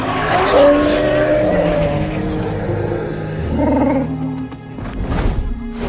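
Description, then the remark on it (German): Several loud, overlapping dragon roars with deep growling tones swell and rumble, then give way to rushing, whooshing bursts like wings beating as the creatures take off. No one speaks. “Dann brüllte ohne Zahn zum Aufbruch. Alle Drachen stimmten mit ein und erhoben sich in die Lüfte.”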